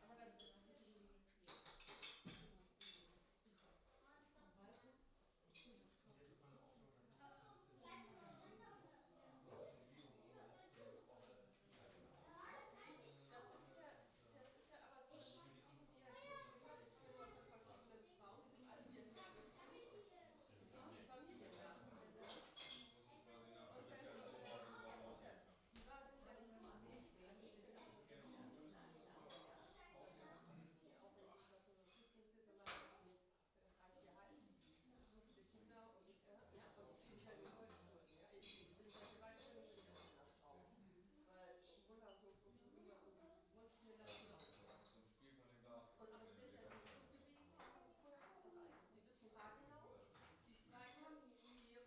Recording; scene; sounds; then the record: everyday scene through a hearing-aid microphone; many people talking; many voices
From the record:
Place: parish hall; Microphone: in the ear canal, left